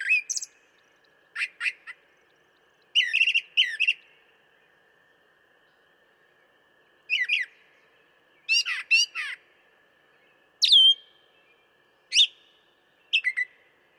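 Brown thrasher singing varied, rich phrases, several repeated in pairs, separated by short pauses and one longer gap, over a constant hum.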